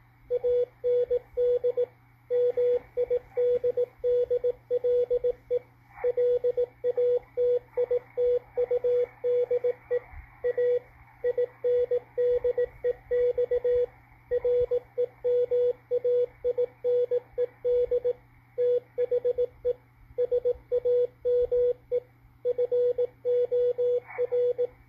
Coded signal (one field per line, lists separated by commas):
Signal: Morse code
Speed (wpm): 17 wpm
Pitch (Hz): 490 Hz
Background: radio noise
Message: AND MIDDLE LATITUDE A INDEX REMAINED THE SAME FOR